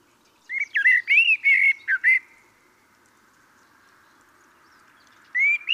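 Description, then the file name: Common blackbird singing a phrase of mellow, slurred whistles with a high scratchy edge; after a long pause another phrase begins. "Turdus merula"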